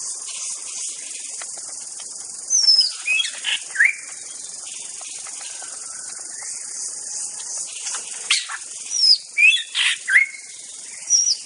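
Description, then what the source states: White-rumped shama song in short bursts of sharp whistles and chips separated by quiet gaps, over a steady high hiss. Wild bird recorded in its native forest.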